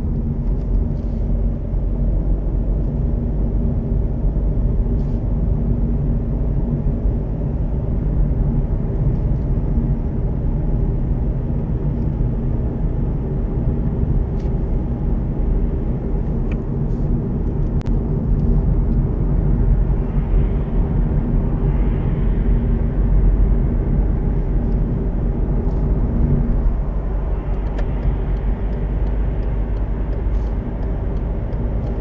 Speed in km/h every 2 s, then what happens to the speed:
37, 40, 42, 44, 46, 49, 52, 54, 53, 52, 53, 55, 56, 57, 58, 62.
0-14 speeds up to 54. 14-20 steady at about 53. 20-32 speeds up to 62.